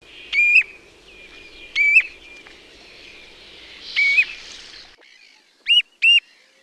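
Bird calls, clear whistled notes with a sharp upward flick, given singly at irregular intervals and then as a quick pair near the end, over a soft background hiss.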